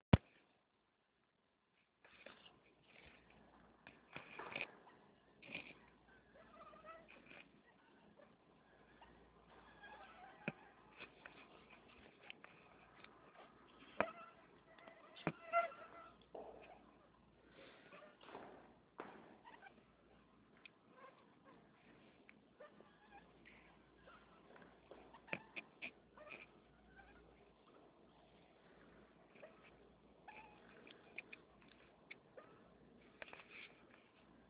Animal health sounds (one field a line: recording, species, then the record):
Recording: mosquito flight sound by mobile phone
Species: Anopheles stephensi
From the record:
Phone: Nokia 6555B